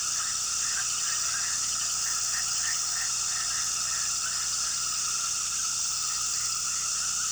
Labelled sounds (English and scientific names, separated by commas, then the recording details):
none
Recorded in pastures near Puerto Asís, Putumayo, Colombia, on 18 February 2024 at 20:30
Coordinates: 0.466, -76.323
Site G6384